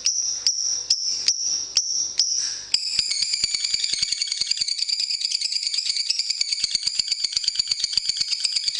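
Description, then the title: Lovebird song opening with several separate squeaky notes, then breaking into a long, fast, buzzy chattering trill. Lovebird song used for training other birds (masteran). "MASTERAN BURUNG Lovebird"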